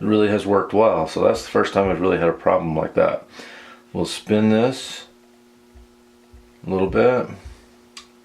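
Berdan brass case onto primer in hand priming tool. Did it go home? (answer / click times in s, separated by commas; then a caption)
yes / 8.0 s. Someone talks while a Berdan brass case is spun in a hand priming tool until the primer drops into line with the pocket. A short, sharp click at 8.0 s marks the brass clicking into place over the primer, seated.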